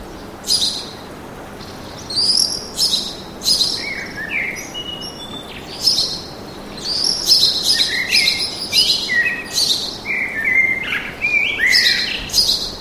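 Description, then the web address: Birds chirping busily, with quick high twitters and lower slurred notes overlapping almost continuously after the first few seconds. Birds singing in a park, urban atmosphere. "sonido de la atmosfera urbana con pajaros cantando en el parque"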